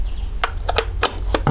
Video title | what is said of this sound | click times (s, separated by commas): Filters - One Shot Color Astrophotography | just put it back on clicks into place so now you can obviously attach again | 0.4 s